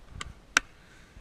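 A removed seat on a brand new 2018 Can-Am Outlander MAX 1000 XT-P ATV is pushed back down onto the frame and snaps into its latch. A faint tick at 0.2 s comes first, then a loud, sharp snap at 0.6 s as the seat seats and latches.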